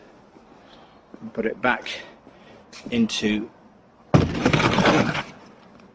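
A plastic toilet waste cassette is handled and slid back into its hole in the bay of a 2021 Autotrail Expedition 67 motorhome, where a blue catch holds it once it engages. Someone talks from about 1.1 to 3.4 s, then a loud, abrupt scraping and sliding noise starts at 4.1 s and runs until about 5.4 s. Nothing has seated or clicked yet.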